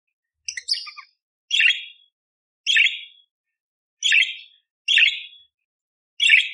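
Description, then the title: Budgerigar calls: a buzzy, scratchy chirp repeated about once a second, after a brief chattering opening. Lively, clear-singing budgerigar full of rough 'tembakan' bursts, used as a training tutor (masteran) for magpie-robins. "Masteran Burung Parkit Gacor Jernih Durasi Panjang Full Isian Tembakan Kasar Cocok Buat Kacer"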